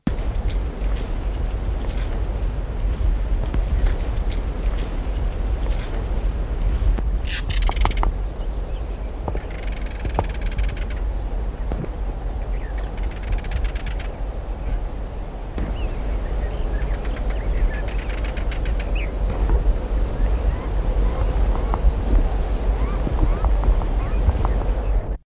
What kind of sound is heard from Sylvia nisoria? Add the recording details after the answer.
call. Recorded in the wild. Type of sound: call. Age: subadult. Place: Steinhuder Meer, Niedersachsen, DE. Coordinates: 52.4734, 9.33772. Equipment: Halbspur, 9,5 cm/s. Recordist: Lütgens, Hans. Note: Junge Sperbergrasmücke, Ruf